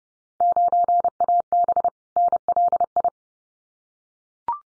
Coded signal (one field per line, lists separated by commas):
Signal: Morse code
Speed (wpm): 30 wpm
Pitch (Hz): 700 Hz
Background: none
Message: 9AB NLI